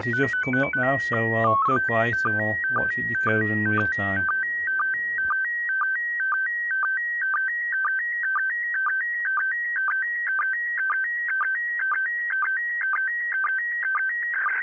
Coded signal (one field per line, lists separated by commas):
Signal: SSTV (slow-scan television)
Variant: PD 120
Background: speech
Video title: International space station ISS SSTV Decode Satpc32 MMSSTV